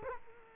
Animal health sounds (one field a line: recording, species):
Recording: mosquito wingbeat signal from an infrared sensor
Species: Culex quinquefasciatus